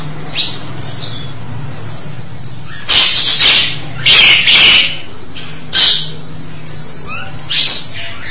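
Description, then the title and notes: Starling calls: scattered short chirps, then loud harsh scratchy bursts around the middle, followed by a few softer squeaks, over a low steady hum. "suara burung jalak"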